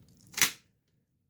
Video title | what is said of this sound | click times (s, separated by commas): Hoover WindTunnel Air Steerable Unboxing & Assembly Tutorial (UH72400) | heard that click | 0.4 s